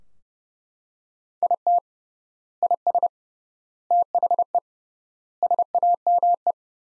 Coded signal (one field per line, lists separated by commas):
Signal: Morse code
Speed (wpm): 29 wpm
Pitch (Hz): 700 Hz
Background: none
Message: IT IS THE SAME